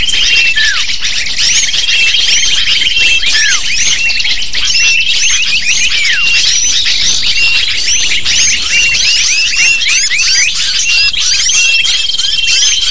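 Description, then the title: Lovebird flock in loud nonstop chatter, sharp high chirps and falling squeaks layered densely, with a couple of faint sustained high whistles at the start and end. Lure used to attract lovebirds. "PIKAT BURUNG LOVEBIRD"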